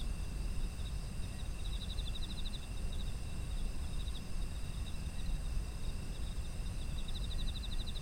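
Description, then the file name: Insects giving faint, high, pulsed trills in two bursts over a steady low rumble and hiss of background noise. Autumn insect ambience. "秋の虫の環境音"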